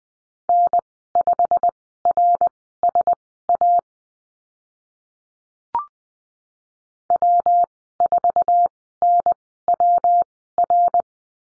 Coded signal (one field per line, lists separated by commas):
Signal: Morse code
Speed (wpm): 20 wpm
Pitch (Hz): 700 Hz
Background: none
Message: N5RSA W4NWR